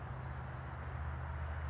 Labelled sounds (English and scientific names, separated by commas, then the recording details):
California Towhee (Melozone crissalis)
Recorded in Sonoma County, California